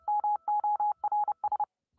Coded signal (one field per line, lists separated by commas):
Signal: Morse code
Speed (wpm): 30 wpm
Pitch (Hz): 840 Hz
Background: none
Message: MORS